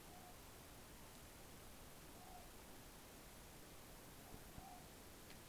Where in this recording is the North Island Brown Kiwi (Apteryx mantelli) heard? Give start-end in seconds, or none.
none